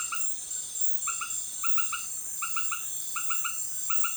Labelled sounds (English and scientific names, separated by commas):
none